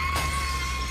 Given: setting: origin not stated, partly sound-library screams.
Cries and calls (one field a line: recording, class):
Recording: one-second piece from a danger detection set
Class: woman in danger